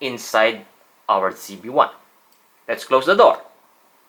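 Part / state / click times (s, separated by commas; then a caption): battery compartment door on camera body / not seated / none. Someone talks while handling the plastic battery and memory-card door on a Sony ZV-1 camera body, with the battery and memory card already inside. Only speech is heard across the clip, with no click. The door has not snapped shut or latched yet.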